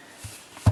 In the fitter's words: rotate down, this will rotate up, and then lock into place.